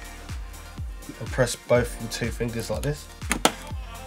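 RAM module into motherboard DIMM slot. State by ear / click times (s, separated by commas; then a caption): seated / 3.3 s, 3.4 s. A RAM module is pressed down into a motherboard DIMM slot with two fingers while someone talks over background music. The slot latches click at 3.3 s and 3.5 s as the memory module snaps home and is seated.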